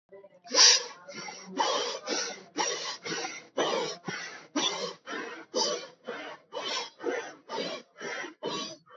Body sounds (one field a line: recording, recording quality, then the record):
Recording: shallow breathing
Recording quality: excellent, no background noise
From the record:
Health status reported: healthy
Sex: male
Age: 26 years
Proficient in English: yes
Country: India